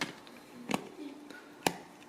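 The left Nintendo Switch controller slides along the rails of a plastic steering wheel grip, bought to play Mario Kart together, with a sharp tap at 0.7 s and faint scrapes and ticks. It locks into place with a crisp, loud click at 1.7 s. The controller is seated in the wheel.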